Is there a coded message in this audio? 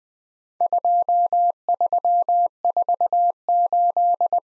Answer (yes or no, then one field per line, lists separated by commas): yes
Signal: Morse code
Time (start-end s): 0.6-4.4 s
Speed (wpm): 20 wpm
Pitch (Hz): 700 Hz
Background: none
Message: 2348